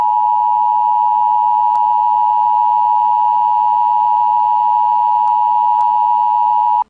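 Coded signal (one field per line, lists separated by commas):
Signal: Emergency Alert System (SAME) tones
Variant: 853 and 960 Hz attention tone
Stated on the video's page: Fictional EAS Emergency Action Notification about a China invasion.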